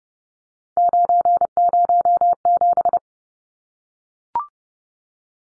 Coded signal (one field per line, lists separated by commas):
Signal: Morse code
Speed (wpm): 30 wpm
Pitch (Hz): 700 Hz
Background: none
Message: 907